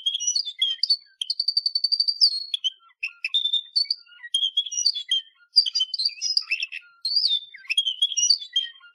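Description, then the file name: Canary song mixing quick chirps, slurred whistles and one steady buzzing trill, delivered in lively irregular bursts. "Canary Voice"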